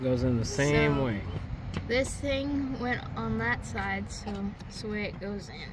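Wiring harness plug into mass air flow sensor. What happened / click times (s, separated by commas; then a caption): The plug is handled but not yet seated; no click is heard / none. A wiring harness plug is lined up by hand to go back onto the mass air flow sensor on the intake of a 2008 GMC Yukon Denali XL 1500, while someone talks over a low, steady rumble. The plug has not snapped in or clicked yet.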